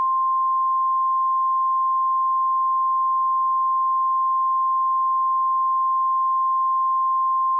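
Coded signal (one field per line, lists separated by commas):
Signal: Emergency Alert System (SAME) tones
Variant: 1050 Hz attention tone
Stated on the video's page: Fictional scenario: a blizzard emergency alert, with voice actors.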